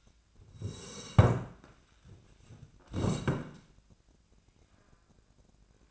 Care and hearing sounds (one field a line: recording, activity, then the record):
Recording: daily activity, microphone in the room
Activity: sit down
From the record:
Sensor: 2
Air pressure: 1012.1 hPa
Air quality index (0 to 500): 159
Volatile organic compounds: 2 ppm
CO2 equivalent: 1165 ppm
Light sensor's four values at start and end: 51/121/54/63 and 66/151/69/80